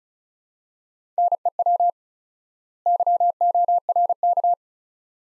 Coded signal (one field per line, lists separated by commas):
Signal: Morse code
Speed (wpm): 36 wpm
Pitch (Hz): 700 Hz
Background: none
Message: NEW YORK